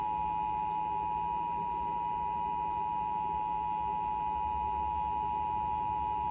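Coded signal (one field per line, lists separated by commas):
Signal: Emergency Alert System (SAME) tones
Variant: 853 and 960 Hz attention tone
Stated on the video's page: National periodic test relayed on CBS and NBC and through a TFT EAS 911 unit and Chyron CODI character generator.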